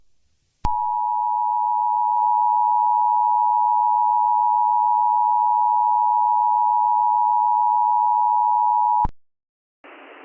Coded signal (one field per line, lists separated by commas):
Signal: Emergency Alert System (SAME) tones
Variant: 853 and 960 Hz attention tone